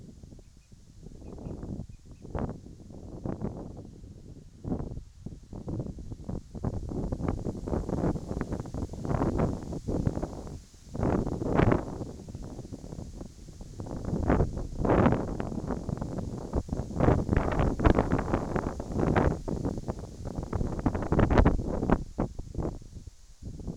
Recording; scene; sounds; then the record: everyday scene through a hearing-aid microphone; wind on the microphone; wind, whistling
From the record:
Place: in front of a rural house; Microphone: in the ear canal, right